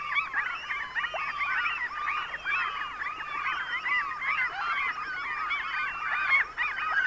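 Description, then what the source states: Common Gull calls from many birds at once, a dense continuous chorus of overlapping mewing and yelping notes. Field recording of Common Gull from Sweden, released 1984 on a cassette of mountain and coastal birds.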